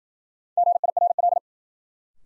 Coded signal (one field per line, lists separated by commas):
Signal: Morse code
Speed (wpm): 53 wpm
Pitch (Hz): 700 Hz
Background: none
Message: GIRL